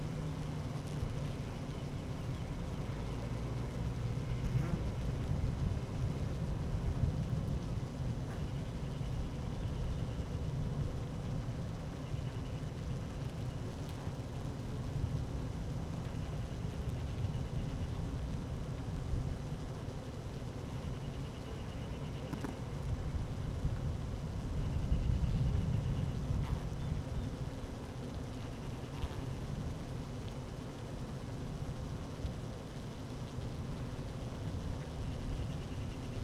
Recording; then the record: honeybee colony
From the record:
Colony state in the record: active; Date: 12 June 2018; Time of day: 12:20